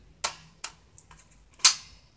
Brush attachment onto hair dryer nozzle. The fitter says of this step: and you know how you heard that click?